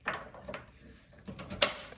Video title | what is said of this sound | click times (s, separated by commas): 2022 Ford Maverick Bed Extender. How easy is the install?! | This just snaps in right there on that tailgate. | 1.6 s